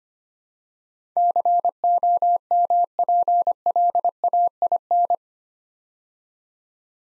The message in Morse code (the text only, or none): COMPLAIN